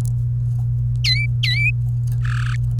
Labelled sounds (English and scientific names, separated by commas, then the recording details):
Domestic Canary (Serinus canaria) song
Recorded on 27 April 2018 at 16:26
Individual llb3